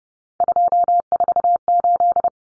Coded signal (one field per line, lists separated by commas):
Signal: Morse code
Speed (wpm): 30 wpm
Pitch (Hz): 700 Hz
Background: none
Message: 248